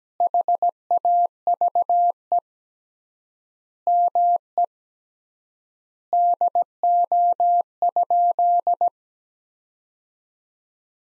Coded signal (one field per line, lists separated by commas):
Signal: Morse code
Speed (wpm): 17 wpm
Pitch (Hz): 700 Hz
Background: none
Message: HAVE ME DO?